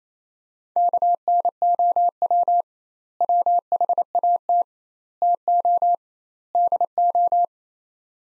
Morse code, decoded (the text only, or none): KNOW WHAT TO DO